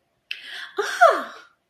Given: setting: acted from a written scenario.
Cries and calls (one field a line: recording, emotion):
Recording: vocal sound without words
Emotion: positive surprise